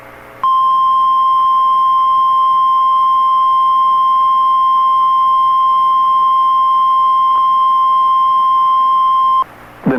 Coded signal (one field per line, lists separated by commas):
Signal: Emergency Alert System (SAME) tones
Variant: 1050 Hz attention tone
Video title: EAS #1,966 Online NOAA Weather Radio Severe T’storm Warning #5 5/20/25